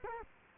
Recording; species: mosquito wingbeat signal from an infrared sensor; Culex quinquefasciatus